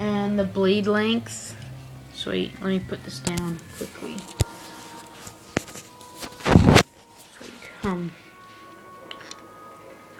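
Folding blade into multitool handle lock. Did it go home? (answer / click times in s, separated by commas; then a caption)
no / none. Someone talks while handling a metal Leatherman Wave folding multitool, starting to open its main blade toward the point where it locks in place so it can't fold back in. Brief sharp taps come near 5.6 s and 9.1 s, with a louder burst around 6.7 s. The blade has not yet locked; nothing has clicked or seated by the end of the clip.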